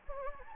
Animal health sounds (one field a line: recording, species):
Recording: mosquito wingbeat signal from an infrared sensor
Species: Anopheles gambiae